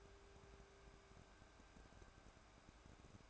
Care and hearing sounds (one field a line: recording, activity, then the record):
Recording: daily activity, microphone in the room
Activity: take from stove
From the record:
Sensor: 2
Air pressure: 1010.2 hPa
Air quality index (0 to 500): 161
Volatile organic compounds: 7 ppm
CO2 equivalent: 2023 ppm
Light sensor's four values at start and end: 41/98/44/50 and 41/99/44/50